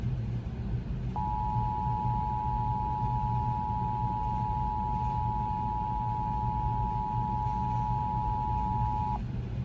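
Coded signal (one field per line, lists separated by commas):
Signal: Emergency Alert System (SAME) tones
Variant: 853 and 960 Hz attention tone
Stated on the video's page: Real severe thunderstorm warning recorded from a public television livestream.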